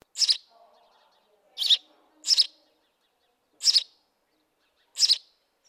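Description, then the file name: House sparrow giving five harsh doubled chirps at irregular intervals, with some soft low notes after the first. "Passer domesticus"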